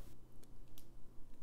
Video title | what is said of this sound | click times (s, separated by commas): New SMOK MAG KIT......you got me back SMOK!!!! | up clicks right into place will not open back up | 0.4 s, 0.8 s